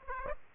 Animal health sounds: mosquito wingbeat signal from an infrared sensor; Aedes aegypti

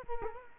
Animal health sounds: mosquito wingbeat signal from an infrared sensor; Culex quinquefasciatus

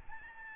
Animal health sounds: mosquito wingbeat signal from an infrared sensor; Aedes albopictus

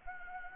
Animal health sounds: mosquito wingbeat signal from an infrared sensor; Anopheles gambiae

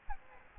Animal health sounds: mosquito wingbeat signal from an infrared sensor; Aedes aegypti

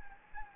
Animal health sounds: mosquito wingbeat signal from an infrared sensor; Anopheles gambiae

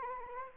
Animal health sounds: mosquito wingbeat signal from an infrared sensor; Anopheles arabiensis

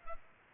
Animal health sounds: mosquito wingbeat signal from an infrared sensor; Culex pipiens

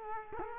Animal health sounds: mosquito wingbeat signal from an infrared sensor; Culex quinquefasciatus

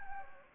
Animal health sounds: mosquito wingbeat signal from an infrared sensor; Anopheles gambiae

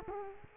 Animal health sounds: mosquito wingbeat signal from an infrared sensor; Culex quinquefasciatus

